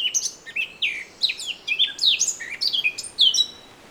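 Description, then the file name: Eurasian blackcap song of clear, separate whistled notes, many sliding down in pitch, delivered in a lively, uneven sequence. "Sylvia atricapilla"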